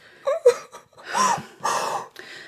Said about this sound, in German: Nun weinen Sie wieder wie früher.